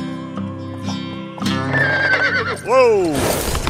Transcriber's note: soundbite of horse neighing